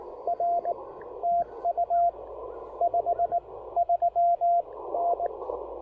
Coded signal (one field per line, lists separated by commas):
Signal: Morse code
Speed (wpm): 19 wpm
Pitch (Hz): 690 Hz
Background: radio noise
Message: R TU 53N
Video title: Taking the Ten-Tec Argonaut V on a POTA field activation!